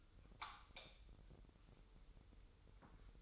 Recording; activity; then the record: daily activity, microphone in the room; light off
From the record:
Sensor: 3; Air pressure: 988.4 hPa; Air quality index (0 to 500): 192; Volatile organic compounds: 280 ppm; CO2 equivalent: 4436 ppm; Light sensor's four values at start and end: 10/28/11/11 and 8/18/8/8